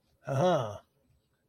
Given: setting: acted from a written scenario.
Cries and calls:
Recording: vocal sound without words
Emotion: realization

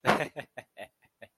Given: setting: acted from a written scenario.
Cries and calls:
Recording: vocal sound without words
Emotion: amusement

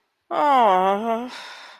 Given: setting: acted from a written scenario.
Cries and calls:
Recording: vocal sound without words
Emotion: disappointment

